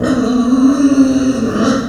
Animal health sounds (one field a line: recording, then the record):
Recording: squeal of a Yucatan mini pig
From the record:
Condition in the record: after surgery on the right vocal fold (resection and tissue-engineered implant)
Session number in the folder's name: 6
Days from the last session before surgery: 40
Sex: female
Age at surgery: 19 weeks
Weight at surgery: 25 kg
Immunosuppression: prednisolone